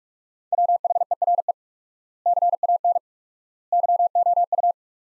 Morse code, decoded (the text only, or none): WHERE CAN YOU